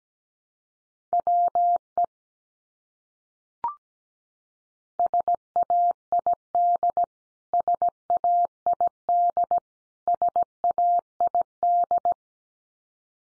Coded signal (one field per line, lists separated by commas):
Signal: Morse code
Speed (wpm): 17 wpm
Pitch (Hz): 700 Hz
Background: none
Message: WE SAID SAID SAID